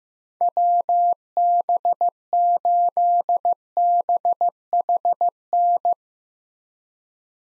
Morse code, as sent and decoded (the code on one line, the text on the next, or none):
.-- -... ---.. -... .... -.
WB8BHN